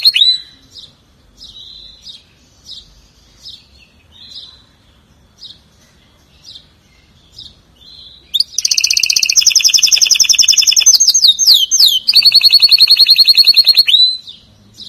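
Atlantic canary giving a series of short chirps, then launching into a loud, rapid trilling song with several changes of pitch.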